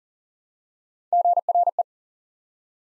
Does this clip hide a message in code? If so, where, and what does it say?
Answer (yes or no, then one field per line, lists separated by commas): yes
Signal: Morse code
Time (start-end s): 1.1-1.8 s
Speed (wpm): 40 wpm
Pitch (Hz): 700 Hz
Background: none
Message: GRE